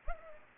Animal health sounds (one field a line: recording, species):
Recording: mosquito wingbeat signal from an infrared sensor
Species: Anopheles gambiae